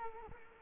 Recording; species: mosquito wingbeat signal from an infrared sensor; Culex quinquefasciatus